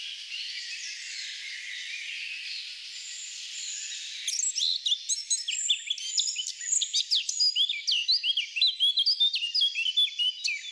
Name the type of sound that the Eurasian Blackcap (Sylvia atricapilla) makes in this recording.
song